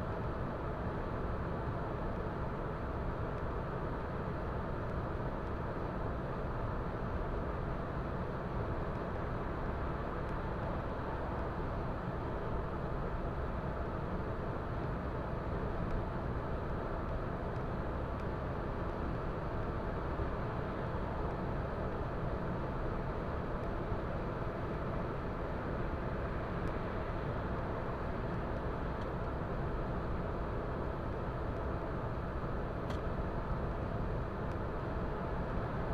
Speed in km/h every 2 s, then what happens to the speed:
119, 119, 119, 119, 119, 119, 119, 119, 119, 119, 119, 119, 120, 119, 120, 119, 119, 120.
0-36 steady at about 119.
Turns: none.